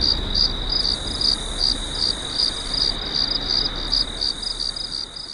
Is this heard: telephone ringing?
no